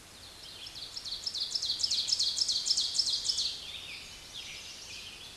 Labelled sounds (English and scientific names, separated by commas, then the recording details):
Ovenbird (Seiurus aurocapilla) song
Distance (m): 15 m
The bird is about level with the microphone
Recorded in a Pennsylvania forest on 16 May 2024 at 06:33
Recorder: AudioMoth, point MSD-2287
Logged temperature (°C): 11.2 °C
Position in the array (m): 135 m, 5 m